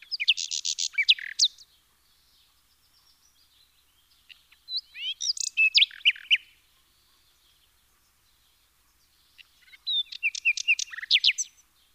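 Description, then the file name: Common nightingale song: three rich phrases of rapid, varied whistles and sharp trills, separated by pauses of a few seconds, with faint softer notes between. "Luscinia megarhynchos"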